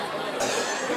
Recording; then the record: coughing mixed with background sound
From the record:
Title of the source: Cough Around the Clock!